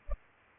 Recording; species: mosquito wingbeat signal from an infrared sensor; Culex pipiens